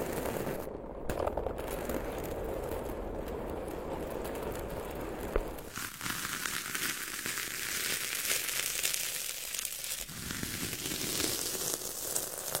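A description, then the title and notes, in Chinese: A dense, unbroken stretch of rubbing, crinkling and crackling from a collection of tapping, smearing and tearing sounds. The first six seconds are fuller and lower, with a few sharp clicks. After that it turns thinner, hissing and sizzling, shifting again around ten seconds. 敲击音水流声涂抹撕拉按摩音合集。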